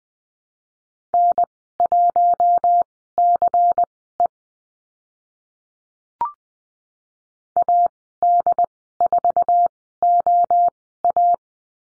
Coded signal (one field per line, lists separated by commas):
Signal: Morse code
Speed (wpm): 20 wpm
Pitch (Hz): 700 Hz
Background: none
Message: N1CE AD4OA